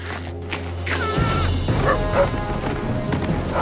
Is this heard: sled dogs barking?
yes